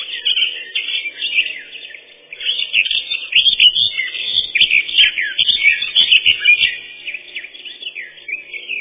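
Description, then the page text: Eurasian blackcap song, continuous lively warbling with quick rising and falling chirped and whistled notes running through the whole stretch with no clear break. Song described as a set of very beautiful fluty whistles, constantly changing in loudness. "Славка-черноголовка — Sylvia atricapilla"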